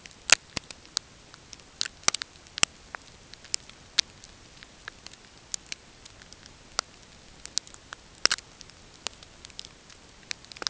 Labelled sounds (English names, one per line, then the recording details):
none
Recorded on Arctic tundra, site NAIT-1, on 20 June 2018
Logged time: 05:00